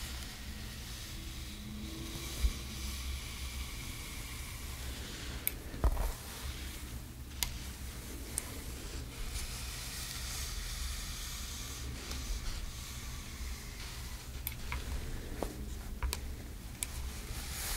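Hair styling with a steady low whir and airy hiss running throughout, like a blow dryer. Short sharp clicks and snips break in now and then, clustered near 2, 6, 7, 14 and 16 seconds, over a continuous hum underneath.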